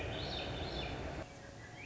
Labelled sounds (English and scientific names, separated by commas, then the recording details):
Swainson's Thrush (Catharus ustulatus)
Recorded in Sonoma County, California